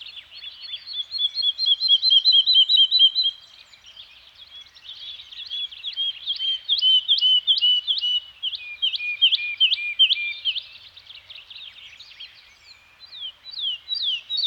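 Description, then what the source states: Birds singing: a ringing trill of rapid notes, a quieter stretch, then a run of loud slurred notes, fading before a few final chirps. Nature soundscape of a Scandinavian forest environment with birds singing.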